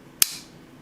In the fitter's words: just how loud and authoritative that is when it locks into place which is which is really pleasing it's fun to Clack it